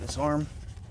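A glove box damper arm is handled on a 2011–2014 Hyundai Sonata during cabin air filter reinstallation, about to be pulled over and clicked onto the glove box side mount. Someone talks over low background noise, followed by a faint tap near the end. Nothing has seated or clicked yet.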